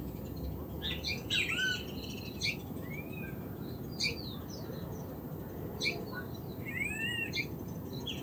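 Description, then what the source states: Great kiskadee calls, arched and stacked notes in several short bursts, with other birds chirping and a constant low rumble behind. Great kiskadees singing amid ambient sound near the Iyuí stream, Casavalle, Montevideo, Uruguay, 7 October 2019; recorded by Alejandro Andrada for Proyecto CasavalleDigital.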